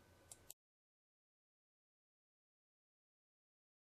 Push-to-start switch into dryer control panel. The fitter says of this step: and turn it clockwise until the switch locks in place